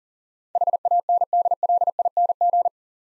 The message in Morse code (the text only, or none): HANDLING